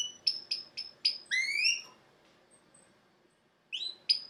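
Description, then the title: Domestic canary song, sharp clipped notes about every quarter second, then rising slurred whistles, a pause, and more bright chirps. Male Belgian canary singing a lot; canary training to warm up a young bird. "Canary Training Esquente Seu Filhote E Canario Belga Macho Cantando Muito"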